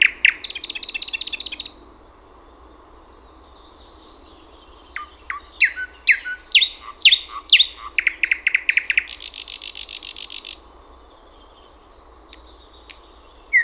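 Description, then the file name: Thrush nightingale song: a loud buzzing rattle, then a run of sharp clicking notes and another long dry rattle, with thin high notes between phrases and a quiet hiss behind. "SATAKIELI"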